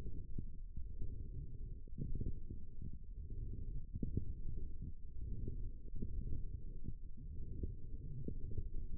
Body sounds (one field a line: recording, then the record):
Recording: forearm muscle sounds (acoustic myography)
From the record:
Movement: forearm supination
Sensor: system 1, eight BSWA MPA416 microphones around the upper forearm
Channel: 3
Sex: female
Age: 21 years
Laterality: right